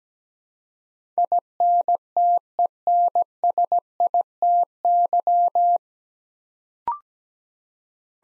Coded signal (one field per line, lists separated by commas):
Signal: Morse code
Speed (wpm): 17 wpm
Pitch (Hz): 700 Hz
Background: none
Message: INTENSITY